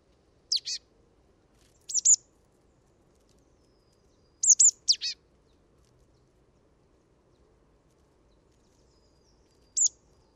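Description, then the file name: Marsh tit calls: short high sharp notes in groups of one to four, repeated at irregular intervals, quiet background. "Poecile palustris"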